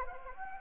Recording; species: mosquito wingbeat signal from an infrared sensor; Anopheles gambiae